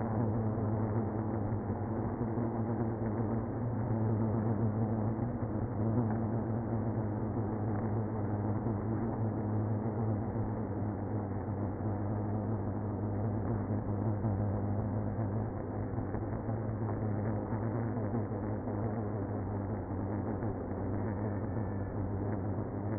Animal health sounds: honeybee colony, microphone inside the hive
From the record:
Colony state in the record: queenless (queen removed); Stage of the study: after two queens were removed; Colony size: about 60,000 bees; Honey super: yes

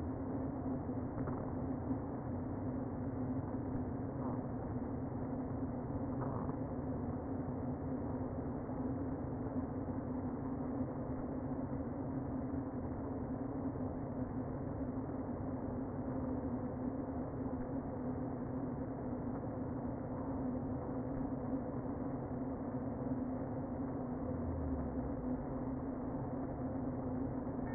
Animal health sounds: honeybee colony, microphone inside the hive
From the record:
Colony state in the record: queen present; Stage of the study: before two queens were removed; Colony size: about 60,000 bees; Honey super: yes

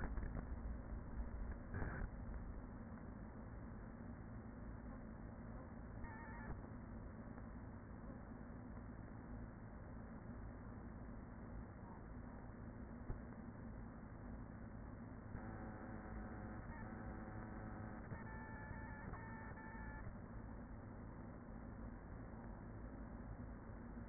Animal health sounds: honeybee colony, microphone inside the hive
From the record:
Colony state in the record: queen present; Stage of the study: after two queens were removed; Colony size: about 40,000 bees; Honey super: no

